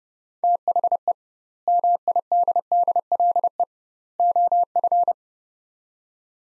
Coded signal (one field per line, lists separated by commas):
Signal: Morse code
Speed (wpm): 30 wpm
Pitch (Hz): 700 Hz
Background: none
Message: THE MIDDLE OF